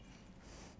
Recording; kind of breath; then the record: one breath in and out by a microphone near the nose and mouth; strong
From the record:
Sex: male